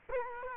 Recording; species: mosquito wingbeat signal from an infrared sensor; Culex quinquefasciatus